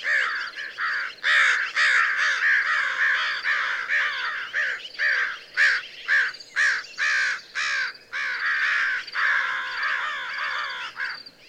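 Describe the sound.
American crow giving strident caws roughly twice a second, several birds calling together in a noisy chorus.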